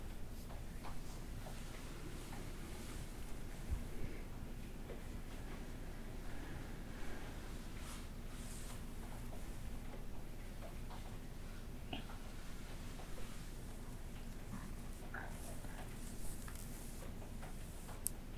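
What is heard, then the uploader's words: A rainy-day hair play and back scratch session: a steady, dense low rumble and hiss hold level for the whole stretch. Over it come scattered soft scratches and brushing strokes, with brighter rustles clustering around eight, twelve and fifteen to seventeen seconds. Rainy day hair play back scratch & massage.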